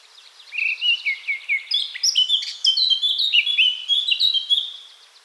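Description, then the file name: Eurasian blackcap song, opening with a quick series of repeated notes and breaking into loud, clear, fluty whistles before fading. "Sylvia atricapilla"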